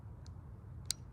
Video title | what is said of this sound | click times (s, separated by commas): Let's Get Growing! Is 200! - with Special Guest Wendi Phan! | There's the click. | 0.9 s